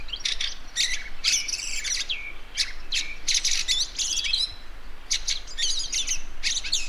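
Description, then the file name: Fieldfare singing a rambling series of harsh chacking notes, creaky squeaks and short whistled phrases, several dense bursts separated by short gaps. "Wacholderdrossel Gesang"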